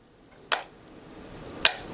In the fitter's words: I think you can probably hear it click it